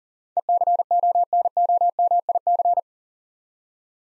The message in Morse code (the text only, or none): ECONOMIC